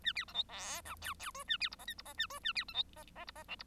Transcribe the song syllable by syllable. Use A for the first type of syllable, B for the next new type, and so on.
A B C D E F G G H A B I J K I J A H A B C D J J I J L I